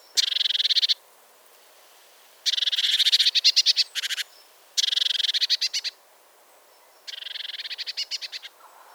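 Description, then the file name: Eurasian blue tit scolding churrs: four dry, buzzy bursts of rapid ticking notes separated by quiet gaps. "Cyanistes caeruleus"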